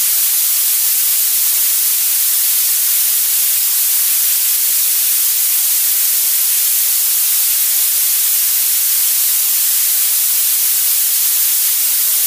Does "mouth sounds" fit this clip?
no